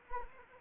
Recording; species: mosquito wingbeat signal from an infrared sensor; Anopheles arabiensis